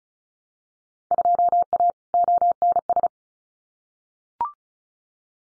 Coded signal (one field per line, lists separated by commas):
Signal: Morse code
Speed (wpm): 36 wpm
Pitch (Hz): 700 Hz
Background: none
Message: 2A ONS